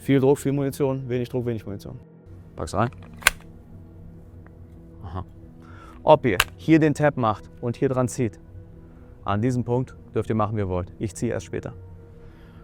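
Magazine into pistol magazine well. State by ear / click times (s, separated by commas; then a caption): seated / 3.3 s. A magazine is inserted into the grip of a pistol during a pre-duty function check while someone talks. A sharp, loud click is heard at 3.3 s as the magazine seats fully home in the magazine well.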